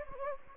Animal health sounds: mosquito wingbeat signal from an infrared sensor; Anopheles gambiae

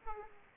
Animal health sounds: mosquito wingbeat signal from an infrared sensor; Aedes aegypti

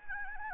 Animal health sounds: mosquito wingbeat signal from an infrared sensor; Anopheles gambiae

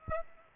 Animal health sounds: mosquito wingbeat signal from an infrared sensor; Aedes aegypti

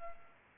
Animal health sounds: mosquito wingbeat signal from an infrared sensor; Aedes aegypti

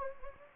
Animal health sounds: mosquito wingbeat signal from an infrared sensor; Anopheles gambiae

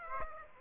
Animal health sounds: mosquito wingbeat signal from an infrared sensor; Aedes aegypti

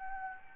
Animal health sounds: mosquito wingbeat signal from an infrared sensor; Anopheles gambiae

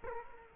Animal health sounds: mosquito wingbeat signal from an infrared sensor; Culex quinquefasciatus

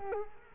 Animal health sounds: mosquito wingbeat signal from an infrared sensor; Culex quinquefasciatus

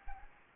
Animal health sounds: mosquito wingbeat signal from an infrared sensor; Anopheles gambiae

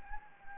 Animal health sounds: mosquito wingbeat signal from an infrared sensor; Anopheles gambiae

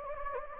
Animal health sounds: mosquito wingbeat signal from an infrared sensor; Anopheles gambiae

